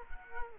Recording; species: mosquito wingbeat signal from an infrared sensor; Culex quinquefasciatus